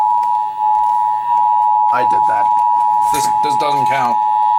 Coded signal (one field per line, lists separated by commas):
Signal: Emergency Alert System (SAME) tones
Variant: 853 and 960 Hz attention tone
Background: speech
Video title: STREAMING SERVICES... EAS Alerts from 9/8/21 (EAS #6,294 - 6,315)